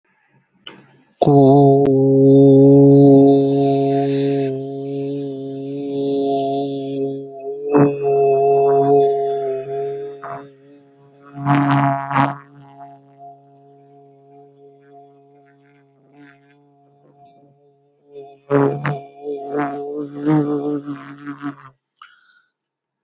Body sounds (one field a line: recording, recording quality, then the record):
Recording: sustained vowel as in boot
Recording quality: excellent, no background noise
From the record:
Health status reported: healthy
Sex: male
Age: 20 years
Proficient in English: yes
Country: India